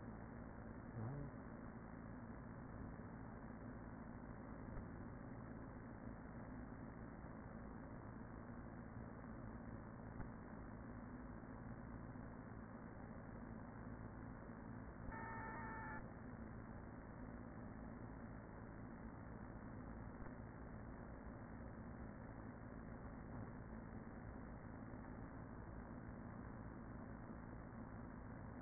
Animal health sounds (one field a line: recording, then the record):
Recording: honeybee colony, microphone inside the hive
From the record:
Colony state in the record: queen present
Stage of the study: after two queens were removed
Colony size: about 40,000 bees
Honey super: no